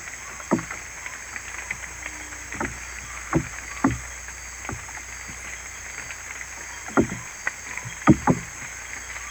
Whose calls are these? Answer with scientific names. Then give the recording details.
none. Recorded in dense forest near Puerto Asís, Putumayo, Colombia, on 22 December 2024 at 18:30. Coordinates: 0.486, -76.317. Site G003